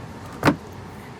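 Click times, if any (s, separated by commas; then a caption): 0.5 s. A Skar Audio single 10-inch loaded subwoofer enclosure is rocked and pushed down into the rear cargo area of a Ford Explorer so its top tabs catch inside the plastic cargo-area trim behind the carpet. A single sharp, broadband pop rises above the low background at 0.5 s. The tabs pop in and the enclosure is seated.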